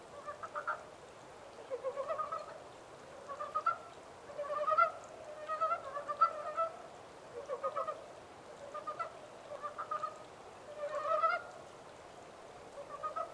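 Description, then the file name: Montane brown frog chorus: repeated bursts of low, grating pulsed croaks roughly every second or two, several callers overlapping throughout. 14 April 2010. "yamaakagaeru-20100414"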